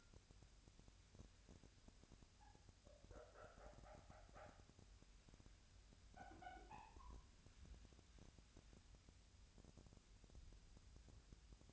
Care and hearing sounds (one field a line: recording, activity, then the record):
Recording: daily activity, microphone in the room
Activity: wipe stove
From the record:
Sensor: 2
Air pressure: 1006.9 hPa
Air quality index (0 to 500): 198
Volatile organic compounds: 13 ppm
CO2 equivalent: 2425 ppm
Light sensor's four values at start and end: 9/23/9/10 and 10/23/10/10